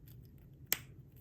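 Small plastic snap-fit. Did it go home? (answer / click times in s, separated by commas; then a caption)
yes / 0.7 s. The two plastic halves of a sublimation keychain blank are pressed together in the middle, the back half into the front half. A single sharp snap is heard at 0.7 s over a quiet background, showing the halves are attached and the keychain is complete.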